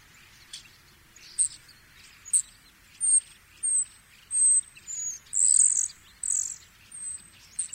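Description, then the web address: Common starling flight calls: short, high, harsh notes about once a second, louder and longer in the middle, over a soft steady background hiss. Migrating common starlings recorded at Yanagawa on 22 February 2021. "koe hoshimukum 210222 watari yanagawa"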